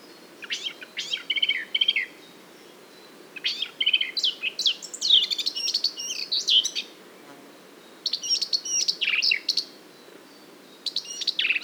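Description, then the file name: Eurasian blackcap song in several hurried warbling bursts, each a jumble of sweet whistles and sharp chirps, separated by brief silent gaps. "Sylvia atricapilla"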